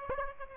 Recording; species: mosquito wingbeat signal from an infrared sensor; Aedes aegypti